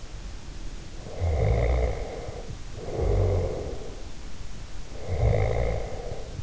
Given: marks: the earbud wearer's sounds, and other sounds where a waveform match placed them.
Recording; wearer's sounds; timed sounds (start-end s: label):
sounds in sleep by an in-ear microphone; snoring breath
1.04-4.22 s: snoring breath
5.13-6.37 s: snoring breath